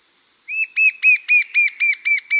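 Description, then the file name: Fringe-backed fire-eye singing a rapid series of eight bright, down-curved whistled notes, roughly four each second, loud and regular. Song recorded in Bahia, Brazil. "canto do papa taoca da bahia"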